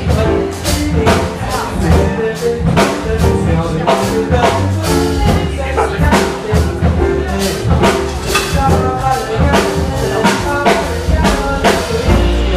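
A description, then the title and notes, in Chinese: Jazz bar sounds: a steady, dense band groove with a thumping low bass line, regular sharp percussive hits, and murmuring voices underneath. 爵士酒吧。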